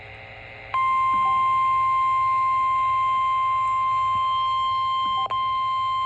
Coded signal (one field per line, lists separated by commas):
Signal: Emergency Alert System (SAME) tones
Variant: 1050 Hz attention tone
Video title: SVA #417 UPDATE (EAS #25)